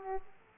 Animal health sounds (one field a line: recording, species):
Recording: mosquito wingbeat signal from an infrared sensor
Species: Aedes aegypti